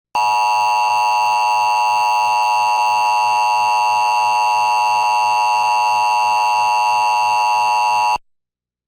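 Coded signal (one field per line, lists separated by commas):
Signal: Emergency Alert System (SAME) tones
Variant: 853 and 960 Hz attention tone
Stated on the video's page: Required Monthly Test audio monitored from the GWES ERN relay network.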